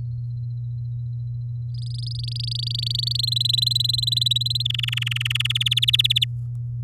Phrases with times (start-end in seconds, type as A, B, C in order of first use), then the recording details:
1.74-3.34 A, 3.36-4.62 B, 4.65-5.52 C, 5.55-6.25 D. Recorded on 10 May 2018 at 16:04. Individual llb16